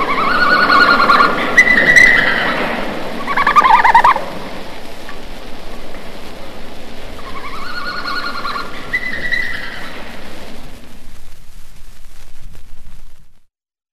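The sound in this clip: Red panda making short whining squeals, a pause, then another run of tonal squeals, over low background noise.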